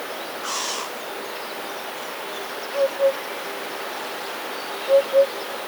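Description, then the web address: Eurasian hoopoe giving two pairs of low hoots over steady background hiss. "wroblowe kolekcja dudek"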